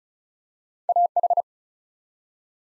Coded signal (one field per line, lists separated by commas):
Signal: Morse code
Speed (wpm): 36 wpm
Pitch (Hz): 700 Hz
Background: none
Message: AH